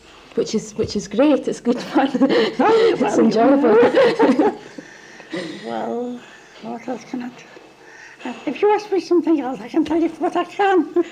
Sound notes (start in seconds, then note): 1.7 laughs; 4.6 laughs